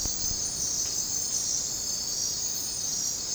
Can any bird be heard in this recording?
no